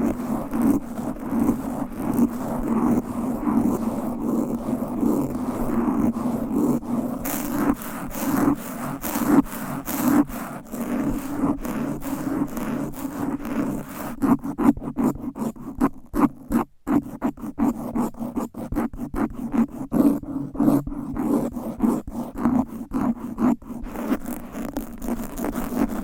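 Fast, aggressive scratching on microphones with nails and covers, a dense rasping stream with rapid bright strokes and a steady low rumble throughout.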